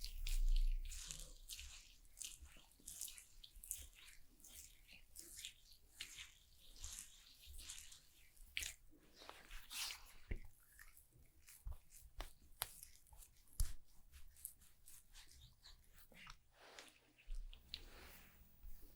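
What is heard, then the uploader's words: Crisp barber-shop sounds with no talking: rapid bursts of bright scraping and snipping repeat every half second or so, with a few sharper clicks near the middle. Beneath runs a faint low hum, and wet, drippy touches suggest shampoo or lather. ASMR Relaxing Barber Shop (No Talking) Haircut, Shaving, Shampoo & Massage, etc.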